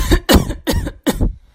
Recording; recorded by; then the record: voluntary cough; messaging app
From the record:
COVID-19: positive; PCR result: self-reported